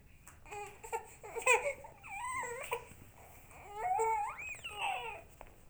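Short, fussy infant vocalizations with clear pitch rise and fall, mixing whimpering cries and babble-like sounds in a small room. An ordinary baby cry.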